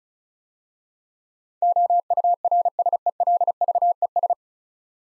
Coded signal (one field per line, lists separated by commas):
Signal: Morse code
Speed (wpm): 36 wpm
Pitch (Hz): 700 Hz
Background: none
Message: OURSELVES